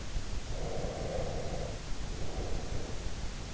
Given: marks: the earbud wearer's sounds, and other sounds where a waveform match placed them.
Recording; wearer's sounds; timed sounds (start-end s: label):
sounds in sleep by an in-ear microphone; breath
0.54-3.19 s: breath